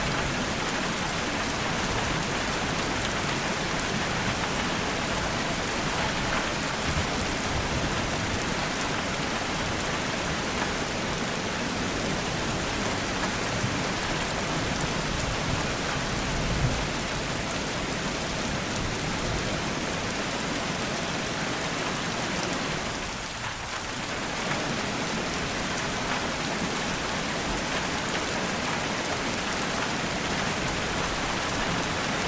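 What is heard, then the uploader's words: Rain falls steadily and densely throughout, an even hiss of countless drops pattering on a surface. The sound stays level for the whole half minute, with only a brief softer dip around twenty-three seconds before the downpour resumes unchanged. Listen to the gentle pitter-patter of rain as well as the deep rumble of thunder in a dark sky.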